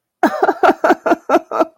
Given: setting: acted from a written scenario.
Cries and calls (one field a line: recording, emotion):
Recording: vocal sound without words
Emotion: distress